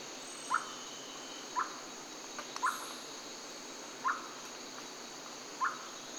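Rusty-belted tapaculo giving short, abrupt mid-pitched call notes, five in about six seconds at uneven intervals, over a steady high insect hiss.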